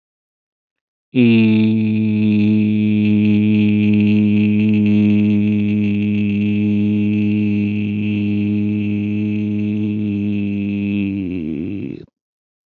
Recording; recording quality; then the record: sustained vowel as in beet; excellent, no background noise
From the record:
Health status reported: healthy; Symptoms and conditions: hypertension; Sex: male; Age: 47 years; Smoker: not ticked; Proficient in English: yes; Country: India